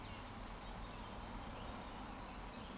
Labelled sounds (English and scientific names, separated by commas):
Eurasian Woodcock (Scolopax rusticola) whistle